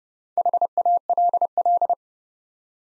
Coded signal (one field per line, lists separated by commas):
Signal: Morse code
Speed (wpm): 29 wpm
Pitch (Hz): 700 Hz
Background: none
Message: HALL